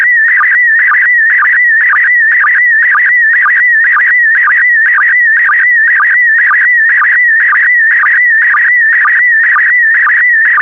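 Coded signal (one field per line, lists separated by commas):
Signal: SSTV (slow-scan television)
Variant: PD120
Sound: warbling whining tone with a short low blip about twice per second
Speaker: the next image transmission will start in 10 seconds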